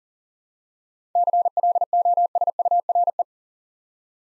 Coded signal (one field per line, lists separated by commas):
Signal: Morse code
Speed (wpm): 42 wpm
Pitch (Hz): 700 Hz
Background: none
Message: CLOSURE